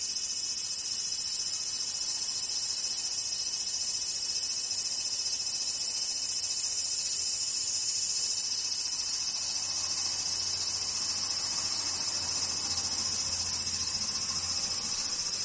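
Cicadas drone without a break, a dense, piercingly high buzz that holds steady in loudness for the whole fifteen seconds. A faint low hum joins underneath from about the ten-second mark to the end.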